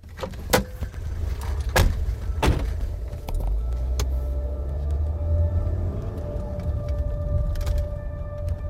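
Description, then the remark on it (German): A car passes on the federal highway running southwest of Bernal toward Jadbergen. Its low, steady engine rumble swells and lingers, with a few sharp clicks and knocks in the first seconds and no voices. “Südwestlich von Bernal verläuft die Bundesstraße in Richtung Jadbergen. Alle 5 Minuten ein Auto.”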